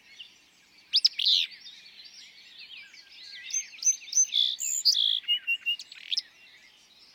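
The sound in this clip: Willow flycatcher song: a buzzy phrase early on, followed by a busy run of chirps and whistles from other birds.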